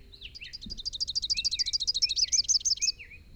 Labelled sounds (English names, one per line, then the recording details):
Rufous-capped Warbler song
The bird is a male
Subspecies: rufifrons
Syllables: 38
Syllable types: 7
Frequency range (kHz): 3.1-6.7 kHz
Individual YA-YRS-M